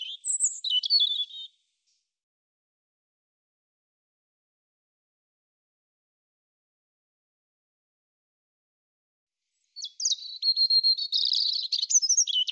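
European robin song in two phrases, tumbling high notes first, then after a long silence a rapid, thin, trilling warble, sharply pitched and varied.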